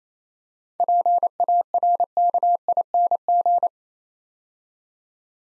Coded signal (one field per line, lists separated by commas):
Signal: Morse code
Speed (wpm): 28 wpm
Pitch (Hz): 700 Hz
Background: none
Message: PARKING